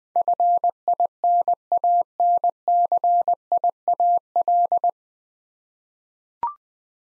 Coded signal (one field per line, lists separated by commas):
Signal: Morse code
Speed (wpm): 20 wpm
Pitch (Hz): 700 Hz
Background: none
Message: FINANCIAL